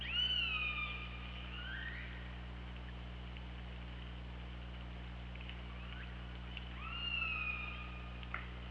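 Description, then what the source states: Killer whale calls: two long harmonic cries that rise sharply then level and fall slightly, about seven seconds apart, with faint clicks between and constant low underwater hum. Recorded by hydrophone at OrcaLab on 24 August 2017 at 08:04.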